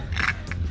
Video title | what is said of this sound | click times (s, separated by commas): Can am X3 First Service, Oil Change - EP 146 | usually kind of tough but it does snap into place so | 0.5 s